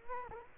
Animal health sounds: mosquito wingbeat signal from an infrared sensor; Culex quinquefasciatus

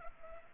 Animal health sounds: mosquito wingbeat signal from an infrared sensor; Culex pipiens

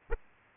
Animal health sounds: mosquito wingbeat signal from an infrared sensor; Aedes aegypti

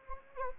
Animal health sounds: mosquito wingbeat signal from an infrared sensor; Anopheles gambiae

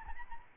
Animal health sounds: mosquito wingbeat signal from an infrared sensor; Aedes albopictus

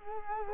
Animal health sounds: mosquito wingbeat signal from an infrared sensor; Culex quinquefasciatus

